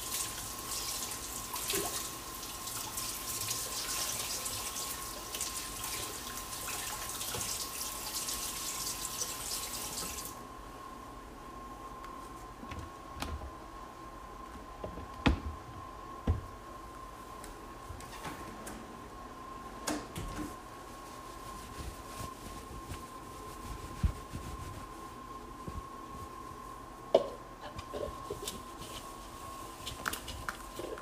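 A large bowl is washed under a running tap that hisses steadily for the first ten seconds, then shuts off. After that come scattered knocks and sharp clinks, louder ones near 15, 20 and 27 seconds, over a faint constant mid-pitched hum.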